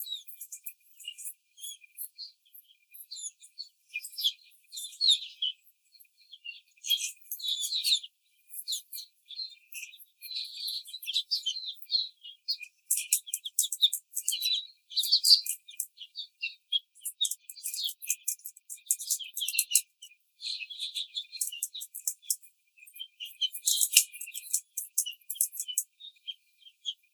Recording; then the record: young laying hens in a cage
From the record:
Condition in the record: treatment cage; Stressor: simulated dog barking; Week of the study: 5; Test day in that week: 1